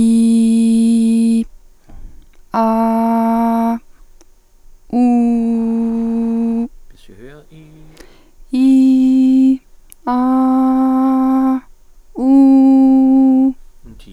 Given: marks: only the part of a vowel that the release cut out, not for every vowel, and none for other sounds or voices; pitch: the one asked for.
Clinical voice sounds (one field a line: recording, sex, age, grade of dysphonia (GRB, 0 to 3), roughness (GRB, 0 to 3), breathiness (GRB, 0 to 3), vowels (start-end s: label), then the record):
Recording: sustained vowels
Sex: female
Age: 30 to 39 years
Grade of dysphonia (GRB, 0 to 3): 0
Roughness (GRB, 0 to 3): 0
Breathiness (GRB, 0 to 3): 0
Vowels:
0.00-1.33 s: vowel /i/, normal pitch
2.65-3.65 s: vowel /a/, normal pitch
5.01-6.55 s: vowel /u/, normal pitch
8.59-9.50 s: vowel /i/, high pitch
10.11-11.51 s: vowel /a/, high pitch
12.27-13.43 s: vowel /u/, high pitch
From the record:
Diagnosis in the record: healthy voice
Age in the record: 33 years